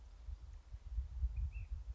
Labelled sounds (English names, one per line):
Ash-throated Flycatcher